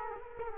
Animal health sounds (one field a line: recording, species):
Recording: mosquito wingbeat signal from an infrared sensor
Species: Culex quinquefasciatus